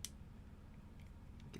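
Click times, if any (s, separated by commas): 0.0 s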